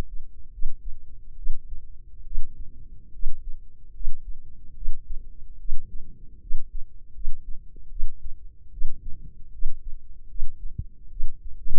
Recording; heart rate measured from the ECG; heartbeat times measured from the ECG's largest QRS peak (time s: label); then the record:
heart sounds by microphone in the left ear; 74 bpm
0.50 s: heartbeat
1.35 s: heartbeat
2.23 s: heartbeat
3.11 s: heartbeat
3.92 s: heartbeat
4.73 s: heartbeat
5.57 s: heartbeat
6.38 s: heartbeat
7.12 s: heartbeat
7.88 s: heartbeat
8.69 s: heartbeat
9.50 s: heartbeat
10.27 s: heartbeat
11.08 s: heartbeat
From the record:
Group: healthy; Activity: rest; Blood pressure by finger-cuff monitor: 113/75 mmHg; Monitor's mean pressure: 86 mmHg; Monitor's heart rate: 74 bpm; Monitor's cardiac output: 5.8 L/min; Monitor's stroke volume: 77 mL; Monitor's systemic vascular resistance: 1080 dyn s/cm5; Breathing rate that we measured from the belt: 19 breaths a minute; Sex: female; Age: 23 years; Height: 160 cm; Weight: 50.4 kg